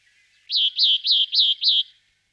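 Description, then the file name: Sombre tit giving five loud chevron-shaped notes, evenly repeated, each rising then dropping in pitch, with a faint steady tone beneath. "Sykora temna Parus lugubris"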